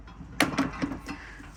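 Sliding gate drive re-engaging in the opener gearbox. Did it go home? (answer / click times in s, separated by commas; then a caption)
yes / 0.4 s. After the override thumbwheel on a Centsys D5 Evo sliding gate opener is unwound, the gate is pushed by hand until the drive re-engages in the opener gearbox. A sharp click at 0.4 s is followed by a few softer knocks and rattles. The gate is then locked into the motor.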